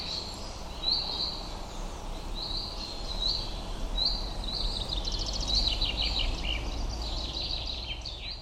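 Bird whistles repeated at a quick pace, short flat notes followed by a burst of rapid chirps midway, against a heavy low rumble throughout.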